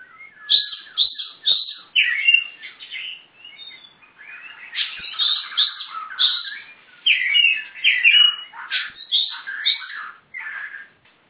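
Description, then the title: Magpie-robin delivering a long series of loud, scratchy and whistled song phrases separated by brief pauses. "Kacer4"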